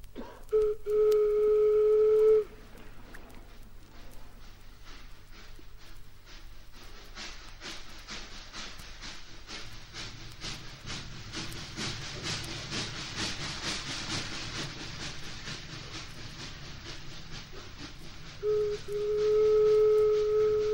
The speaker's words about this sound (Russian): Вот я и в поезде. С каждой минутой мы приближаемся к Тараскону.